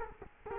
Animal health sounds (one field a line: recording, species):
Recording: mosquito wingbeat signal from an infrared sensor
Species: Culex quinquefasciatus